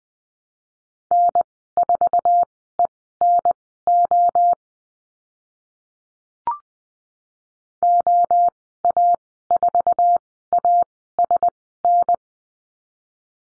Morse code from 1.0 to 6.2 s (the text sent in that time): N4ENO